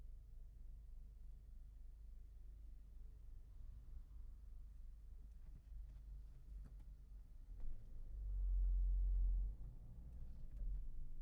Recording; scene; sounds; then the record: everyday scene through a hearing-aid microphone; in a vehicle; engine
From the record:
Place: Berlingo II, diesel engine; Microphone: behind the ear, left, front